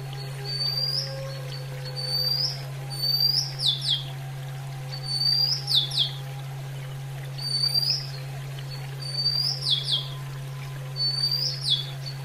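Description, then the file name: Oriental magpie-robin song, short whistled phrases ending in quick falling slurs, repeated roughly every two seconds, over a steady low hum. Female bird. "kacer betina"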